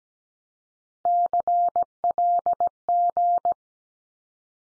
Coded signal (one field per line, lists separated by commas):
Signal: Morse code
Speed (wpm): 17 wpm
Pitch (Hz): 700 Hz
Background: none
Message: CLG